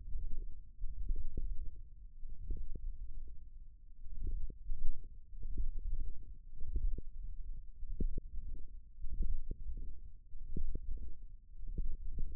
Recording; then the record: forearm muscle sounds (acoustic myography)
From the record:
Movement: wrist flexion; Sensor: system 1, eight BSWA MPA416 microphones around the upper forearm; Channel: 6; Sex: male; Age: 23 years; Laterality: right